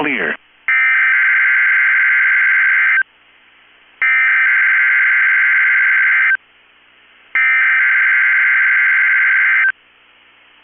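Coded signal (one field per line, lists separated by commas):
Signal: Emergency Alert System (SAME) tones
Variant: header bursts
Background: speech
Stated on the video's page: Weekly weather radio tests.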